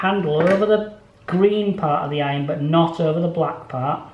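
A plastic detachable handle is being fitted over the green part of an unplugged painting iron's body, not over the black part, while someone talks throughout. Nothing has clicked or seated yet; the handle is not yet locked into position.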